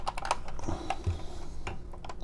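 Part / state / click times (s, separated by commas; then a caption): plastic accessory part into a transforming robot toy figure / not seated / none. A plastic accessory part is pressed against a transforming robot toy figure in an attempt to click it into place. Only a few small, sharp plastic handling taps are heard over low background noise. The part has not clicked in.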